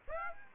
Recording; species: mosquito wingbeat signal from an infrared sensor; Aedes aegypti